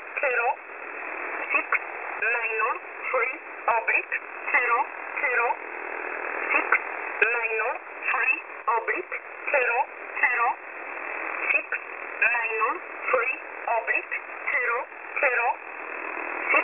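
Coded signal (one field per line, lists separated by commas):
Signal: numbers station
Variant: E11 Oblique, English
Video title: E11 Oblique 20/12/2023 1045 UTC 11100kHz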